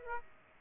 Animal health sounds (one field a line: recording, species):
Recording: mosquito wingbeat signal from an infrared sensor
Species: Aedes aegypti